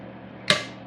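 A torque-limiting driver set to 15 tightens a screw into the optic cut of a Glock 19 MOS pistol slide while an optic plate is mounted for a Bushnell Advance Micro Reflex Sight. Over a quiet, steady background, the driver gives a single sharp, bright click at 0.5 s that rings briefly and fades. The driver has reached its setting, and the screw is confirmed good.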